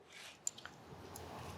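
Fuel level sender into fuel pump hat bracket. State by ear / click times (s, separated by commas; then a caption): not seated / none. A factory fuel level sender unit is slid up into its mount on the triple-pump fuel hat assembly for a Whipple-supercharged 2020 Shelby GT500. Brief handling ticks and taps sound at about 0.5, 0.6, 0.7 and 1.2 seconds over a low background hum. Nothing has seated or clicked into place yet.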